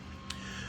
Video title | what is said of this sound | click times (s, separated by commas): SW-Motech Pro tank bag overview on Ducati Streetfighter V2 | Just grab these red straps, give it a good pull, and you'll feel it click, and that just pops off. | 0.3 s